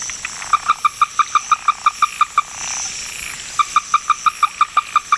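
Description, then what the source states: Ruddy-breasted Crake giving two fast runs of hard, knocking notes, split by a short pause, with a constant high hiss behind. Bird of Hokkaido, related to a South American crake and to the Okinawa Rail; no. 121 of the 'Sounds of the Four Seasons' series.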